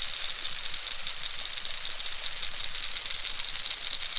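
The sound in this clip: Narwhal clicking: dense, fast pulse trains run throughout against steady hiss.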